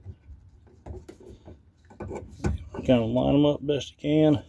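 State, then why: Not seated. Fuel line quick-connect fittings on a 1993 Cadillac Fleetwood are handled and lined up onto the fuel pump sender line; they only fit together one way because they are different sizes. Soft handling knocks and rubs land around 0.9, 2.0 and 2.5 s while someone talks. Nothing has been pushed home or clicked yet.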